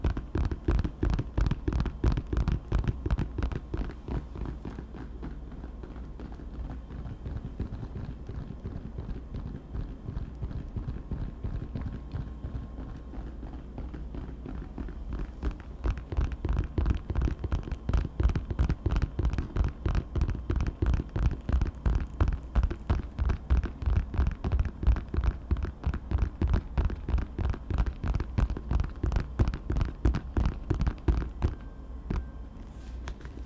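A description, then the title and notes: Rapid, regular tapping on dark objects runs through the whole clip as a dense stream of sharp clicks over a low, full hum. The taps soften somewhat from about 5 to 15 seconds, then return louder and crisper until the end. ASMR TAPPING on Dark things 黒いものにタッピング.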